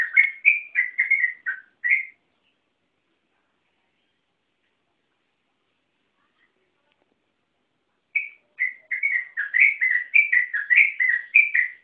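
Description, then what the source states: Yellow-vented bulbul singing fast, liquid whistled phrases, stopping after two seconds, then silence for about six seconds before a longer bubbly burst resumes to the end. Local name trucukan; song style called ropel panjang, a long continuous song.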